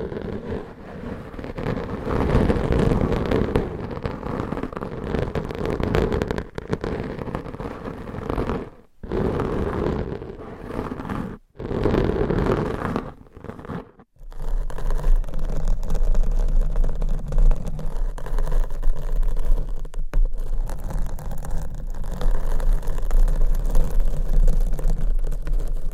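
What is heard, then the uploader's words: Microphone scratching with nails, a dense, rough rasping that fills the first fourteen seconds, broken by brief silent gaps near nine, eleven and fourteen seconds. After that the scratching turns smoother and quieter over a steady low hum, with another short break around twenty seconds. ASMR Mic Scratching - Brain Scratching with 5 Mics and DIY Nails for 100% SLEEP ASMR No Talking.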